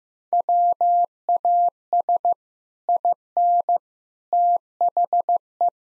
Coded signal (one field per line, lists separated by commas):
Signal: Morse code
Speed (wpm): 16 wpm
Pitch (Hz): 700 Hz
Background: none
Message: WAS IN THE